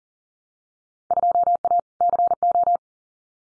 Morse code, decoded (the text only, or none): 2A CO